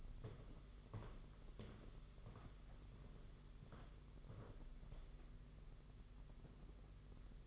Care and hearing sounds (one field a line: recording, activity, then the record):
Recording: daily activity, microphone in the room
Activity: walk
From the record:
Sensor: 4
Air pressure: 992.4 hPa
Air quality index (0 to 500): 133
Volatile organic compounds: 52 ppm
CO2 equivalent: 3323 ppm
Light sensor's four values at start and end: 20/72/26/27 and 20/72/26/27